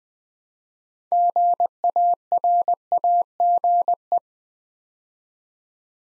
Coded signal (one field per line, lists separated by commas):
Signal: Morse code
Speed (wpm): 20 wpm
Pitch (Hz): 700 Hz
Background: none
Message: GARAGE